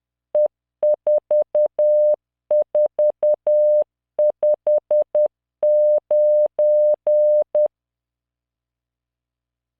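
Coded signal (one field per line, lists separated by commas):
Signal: Morse code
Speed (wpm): 10 wpm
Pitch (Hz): 600 Hz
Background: none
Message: E4459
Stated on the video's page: Morse practice drill of random five-character groups at 10 WPM with a 600 Hz tone and standard three-dot spacing, generated by Learning Morse training software.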